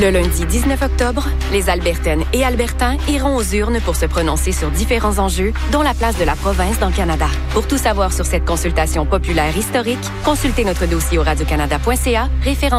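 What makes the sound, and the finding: Adult male radio announcer. Normal speech.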